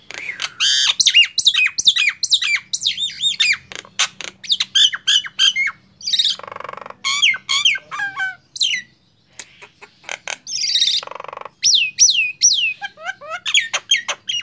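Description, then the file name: Nias hill myna song, a long varied run of rapid harsh chatters, ringing whistles and sweeping falling notes, with a few short breaks. "suara jalak nias"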